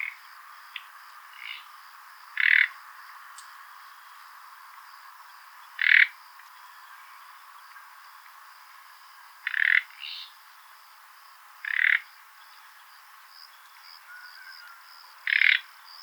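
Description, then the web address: Common Nightingale giving several short, harsh, croaking rasps at irregular intervals, with faint thin notes between and a quiet background. "luscinia megarhynchos call"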